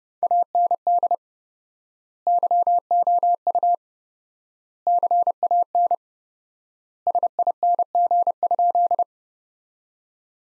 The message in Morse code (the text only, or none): AND YOU CAN SING?